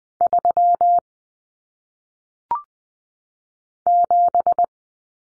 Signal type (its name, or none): Morse code